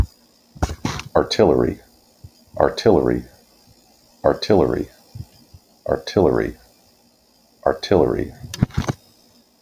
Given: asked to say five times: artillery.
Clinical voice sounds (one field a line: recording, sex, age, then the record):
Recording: repeated word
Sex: male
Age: 30 to 39 years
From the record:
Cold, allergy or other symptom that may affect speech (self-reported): no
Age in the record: 39 years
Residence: Virginia, United States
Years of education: 17